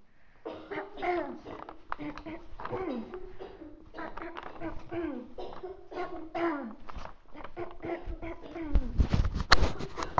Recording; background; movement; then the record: throat clearing; a bystander coughing; walking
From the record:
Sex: female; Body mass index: 18.8 kg/m2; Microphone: on the chest, facing outward